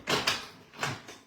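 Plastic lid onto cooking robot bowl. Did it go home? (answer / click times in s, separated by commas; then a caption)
yes / 0.3 s. A plastic lid is pushed or twisted fully into place on the bowl of an All-Clad All Cook food processor after it had not been engaged completely. A scraping, rubbing sound starts at about 0.1 s, and a sharp click at 0.3 s marks the lid locking home. A second, softer knock follows at 0.8 s.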